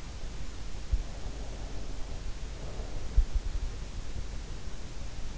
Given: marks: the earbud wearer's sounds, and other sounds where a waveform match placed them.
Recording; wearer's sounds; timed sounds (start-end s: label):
sounds in sleep by an in-ear microphone; breath
1.80-3.50 s: breath